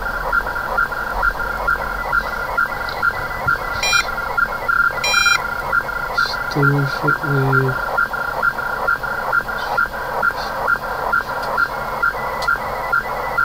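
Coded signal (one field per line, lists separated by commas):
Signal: HF data modem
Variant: AMTOR ARQ (SITOR-A)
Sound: rhythmic chirping bursts of two-tone data, about two per second, steady throughout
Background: radio static, low hum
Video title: Connecting to an Amtor Mail Box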